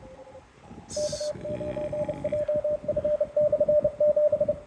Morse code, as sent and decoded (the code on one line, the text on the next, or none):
-.- ----. .--- ..-. -..-. --...
K9JF/7